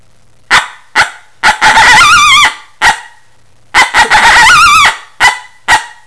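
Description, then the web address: Coyote giving sharp barks followed by a wavering, quavering howl, then more barks and a second short howl, in about six seconds. "coyote protohowler"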